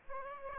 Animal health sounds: mosquito wingbeat signal from an infrared sensor; Aedes aegypti

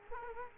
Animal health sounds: mosquito wingbeat signal from an infrared sensor; Culex quinquefasciatus

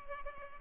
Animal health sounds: mosquito wingbeat signal from an infrared sensor; Culex pipiens

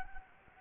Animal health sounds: mosquito wingbeat signal from an infrared sensor; Anopheles gambiae

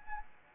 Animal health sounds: mosquito wingbeat signal from an infrared sensor; Anopheles arabiensis

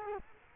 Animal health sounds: mosquito wingbeat signal from an infrared sensor; Culex quinquefasciatus

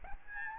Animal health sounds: mosquito wingbeat signal from an infrared sensor; Aedes albopictus

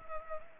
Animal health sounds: mosquito wingbeat signal from an infrared sensor; Culex pipiens

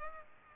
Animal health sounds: mosquito wingbeat signal from an infrared sensor; Culex pipiens

